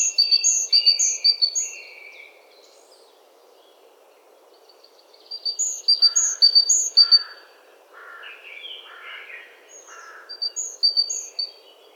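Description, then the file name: Great tit calls: quick runs of thin, high notes in three bursts, mixed with harsher buzzy chattering notes lower down, over a steady low background hiss. "Parus major"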